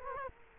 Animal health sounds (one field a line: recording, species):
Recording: mosquito wingbeat signal from an infrared sensor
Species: Culex quinquefasciatus